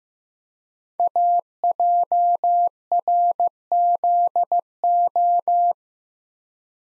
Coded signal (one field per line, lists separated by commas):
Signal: Morse code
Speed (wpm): 15 wpm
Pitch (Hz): 700 Hz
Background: none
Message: AJRZO